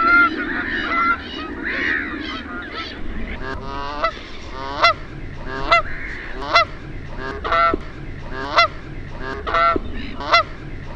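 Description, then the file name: Canada goose honks, loud nasal calls repeated irregularly from about three seconds onward, with softer overlapping honks from other geese early on. "KANADANHANHI"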